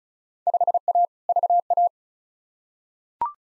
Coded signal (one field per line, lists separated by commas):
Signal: Morse code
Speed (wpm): 36 wpm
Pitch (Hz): 700 Hz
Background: none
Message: 5A VA